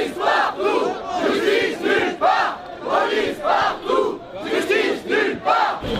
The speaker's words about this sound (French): Les voitures officielles sont copieusement sifflées et les slogans fusent.